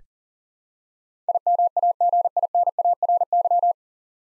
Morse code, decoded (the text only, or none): IMAGINARY